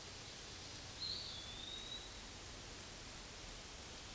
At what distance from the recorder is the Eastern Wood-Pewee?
about 25 m